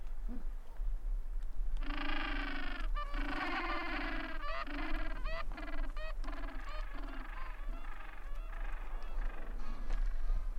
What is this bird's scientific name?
Pygoscelis papua